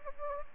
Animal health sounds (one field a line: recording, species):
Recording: mosquito wingbeat signal from an infrared sensor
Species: Anopheles gambiae